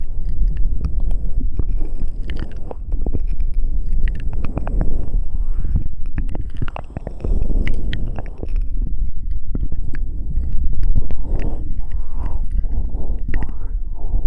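Close, wet ear eating and licking sounds come fast and chaotic, with dense clicks, smacks and slurps crowding one another for the whole stretch. A heavy low rumble sits underneath, and the pace dips briefly around the seventh second before surging again.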